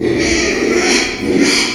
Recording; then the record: squeal of a Yucatan mini pig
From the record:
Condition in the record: after surgery on the right vocal fold (resection and tissue-engineered implant); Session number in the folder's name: 2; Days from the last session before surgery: 13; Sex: male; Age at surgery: 12 weeks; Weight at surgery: 13 kg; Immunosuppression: cyclosporine, prednisolone